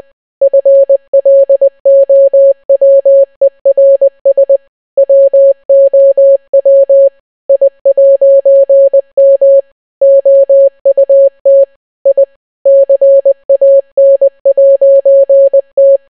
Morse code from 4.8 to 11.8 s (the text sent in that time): WOW I'M OUT